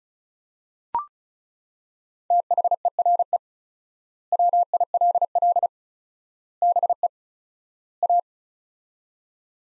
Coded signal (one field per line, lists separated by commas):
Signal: Morse code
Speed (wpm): 36 wpm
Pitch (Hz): 700 Hz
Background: none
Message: THERE WILL BE A